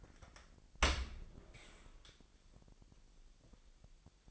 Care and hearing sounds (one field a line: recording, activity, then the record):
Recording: daily activity, microphone in the room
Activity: open dishwasher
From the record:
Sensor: 5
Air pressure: 1000.7 hPa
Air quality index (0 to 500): 248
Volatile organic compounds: 34 ppm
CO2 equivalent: 3048 ppm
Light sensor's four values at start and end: 31/70/28/26 and 31/71/28/27